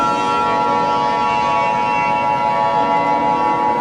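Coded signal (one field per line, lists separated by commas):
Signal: Emergency Alert System (SAME) tones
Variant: 853 and 960 Hz attention tone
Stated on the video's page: Fictional EAS mini scenario.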